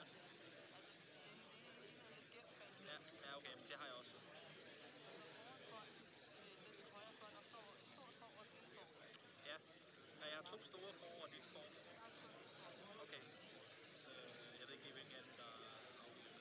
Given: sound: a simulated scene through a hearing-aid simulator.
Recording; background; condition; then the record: conversation; cafeteria; -4 dB SNR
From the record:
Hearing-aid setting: II (fast-acting compression, audibility-based gain, advanced features for about 2.5 dB of SNR improvement); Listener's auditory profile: C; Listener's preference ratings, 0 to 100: 9, 16, 20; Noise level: 65 dB SPL